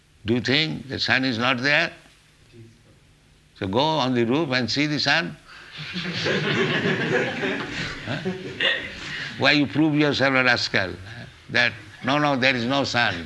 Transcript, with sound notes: Do you think that sun is not there? So go on the roof and see the sun. [laughter] Why you prove yourself a rascal, that "No, no, there is no sun"?